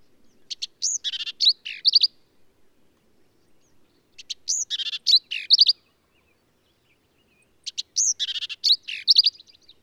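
Black-capped vireo singing three varied phrases of harsh chips, slurred whistles and buzzy twitters, separated by pauses of about two seconds.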